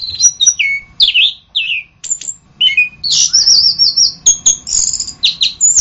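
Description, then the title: Orange-headed thrush singing loud, clear whistled phrases, some sliding downward, others high and trilled, delivered in quick bursts with brief pauses. "anis kembang"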